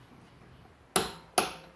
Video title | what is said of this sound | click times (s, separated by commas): Complete Guide to Toyota Prius Tire Rotation & Jack Points, Gen 3 | you heard that click that means we're set | 1.0 s